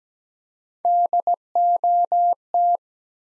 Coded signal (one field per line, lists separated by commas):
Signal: Morse code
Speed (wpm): 17 wpm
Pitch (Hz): 700 Hz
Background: none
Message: DOT